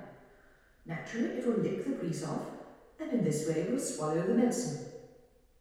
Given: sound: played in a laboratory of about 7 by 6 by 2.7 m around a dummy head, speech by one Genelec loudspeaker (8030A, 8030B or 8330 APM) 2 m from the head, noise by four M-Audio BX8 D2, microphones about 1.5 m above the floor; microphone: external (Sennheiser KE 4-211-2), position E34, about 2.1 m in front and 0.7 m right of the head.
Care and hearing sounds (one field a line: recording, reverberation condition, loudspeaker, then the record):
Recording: female speech in English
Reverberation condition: high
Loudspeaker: 90 degrees to the left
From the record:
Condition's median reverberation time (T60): about 1300 ms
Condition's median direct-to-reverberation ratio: about -4.0 dB